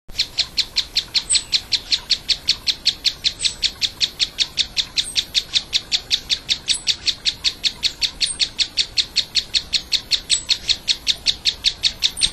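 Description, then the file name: Mouse-colored tapaculo singing a continuous, even train of many short emphatic notes, unchanging in pitch, while other birds add scattered thin high calls. Song, recorded at Urupema, Brazil, on 21 January 2016. "Scytalopus-speluncae-SONG--- 2016-01-21-Urupema---Jorge-La-Grotteria"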